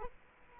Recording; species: mosquito wingbeat signal from an infrared sensor; Culex quinquefasciatus